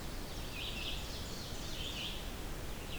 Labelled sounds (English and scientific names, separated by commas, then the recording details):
Ovenbird (Seiurus aurocapilla) song
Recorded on 25 June 2016 at 08:44
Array SBT-6-76